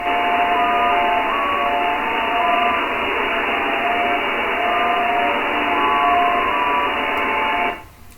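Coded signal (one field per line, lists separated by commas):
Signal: JT65, JT9 or WSPR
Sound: faint steady tones stepping slowly in pitch under loud shortwave hiss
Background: radio static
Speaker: And that's JT65 digital mode. Uh it's an amateur radio mode.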